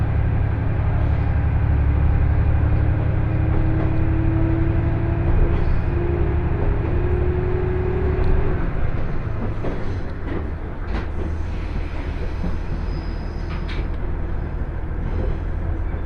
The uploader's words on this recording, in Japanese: ＩＧＲいわて銀河鉄道＆ＪＲ花輪線 盛岡→大更。列車はキハ110系の2両編成。景色は再び冬に逆戻りして辺り一面白くなっています。